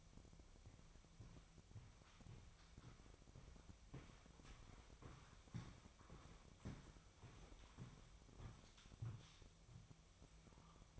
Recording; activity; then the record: daily activity, microphone in the room; walk to room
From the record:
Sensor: 1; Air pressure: 999.5 hPa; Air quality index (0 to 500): 198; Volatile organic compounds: 40 ppm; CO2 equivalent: 3148 ppm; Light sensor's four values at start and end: 10/24/9/10 and 9/23/9/10